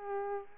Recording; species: mosquito wingbeat signal from an infrared sensor; Culex pipiens